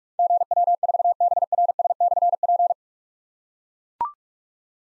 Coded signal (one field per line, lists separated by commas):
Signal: Morse code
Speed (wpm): 44 wpm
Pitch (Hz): 700 Hz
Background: none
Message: GW4BRS/P